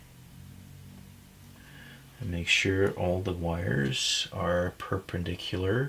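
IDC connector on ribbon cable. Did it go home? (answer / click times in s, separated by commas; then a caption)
no / none. An IDC connector is lined up with a mark on a ribbon cable and its wires are squared to it before it is squeezed down. After about two seconds of faint low hum, someone talks. Nothing has seated or clicked yet.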